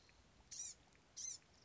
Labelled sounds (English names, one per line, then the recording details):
Blue-gray Gnatcatcher
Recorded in Sonoma County, California